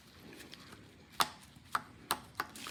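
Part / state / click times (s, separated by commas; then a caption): rear brake pad into caliper bracket abutment clips / seated / 1.8 s, 2.1 s, 2.4 s. A new rear brake pad with a metal backing plate is pushed into the spring-loaded abutment clips on the caliper bracket of a 2022 Hyundai Tucson. After a quiet rustle and a sharp knock at about 1.2 s, three crisp metallic clicks come at 1.8 s, 2.1 s and 2.4 s. The pad snaps in and is confirmed seated.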